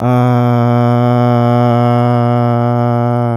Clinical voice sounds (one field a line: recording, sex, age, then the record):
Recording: sustained vowel /a/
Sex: male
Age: 20 to 29 years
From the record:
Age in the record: 23 years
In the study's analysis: included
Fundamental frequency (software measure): 121 Hz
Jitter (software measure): 0.29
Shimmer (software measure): 0.84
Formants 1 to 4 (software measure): 685 Hz, 1289 Hz, 2148 Hz, 3074 Hz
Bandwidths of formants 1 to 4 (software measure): 102 Hz, 117 Hz, 220 Hz, 227 Hz